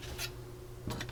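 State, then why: Not seated. Two small plastic parts are handled and fiddled with as they are fitted into a 1:8 scale LaFerrari model car assembly. Brief bright scraping and rubbing sounds occur around 0.2 s and again from about 0.9 to 1.1 s, with a sharper tick near 1.0 s, over a low steady hum. Nothing has seated or clicked into place yet.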